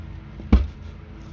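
On a 2014 Ford Explorer, during a sunroof motor replacement, the edge of the headliner is pulled down from the metal roof it is held to with magnets. Over a faint low hum, a single sharp pop sounds at 0.5 s as one of the headliner magnets releases from the roof.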